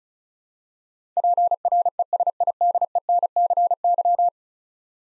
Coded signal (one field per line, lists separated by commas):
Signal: Morse code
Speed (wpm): 36 wpm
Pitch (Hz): 700 Hz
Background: none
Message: PRESIDENCY